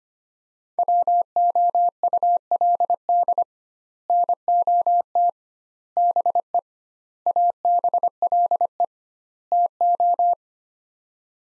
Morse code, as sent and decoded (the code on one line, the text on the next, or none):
.-- --- ..- .-.. -.. / -. --- - / -... . / .- -... .-.. . / - ---
WOULD NOT BE ABLE TO